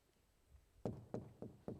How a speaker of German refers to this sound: Oh. Was klopfst du denn da? Ich klopfe. Ich klappe und sie hört nicht. Sie hört nicht. Ich habe schon oft geklopft.